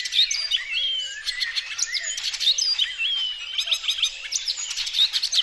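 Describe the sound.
Icterine warbler singing a dense, varied stream of squeaky whistles, harsh chatters and slurred notes, almost without a break.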